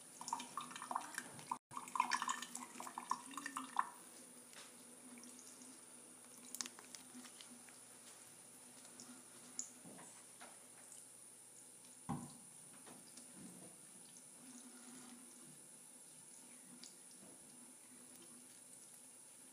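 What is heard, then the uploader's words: Water trickles and patters onto plastic, busiest in the first four seconds, then settling into sparse drips and taps over a steady hiss. ASMR Water Trickling on Plastic.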